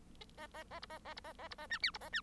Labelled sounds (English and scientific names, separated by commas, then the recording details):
Bengalese Finch (Lonchura striata domestica) song
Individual Bird1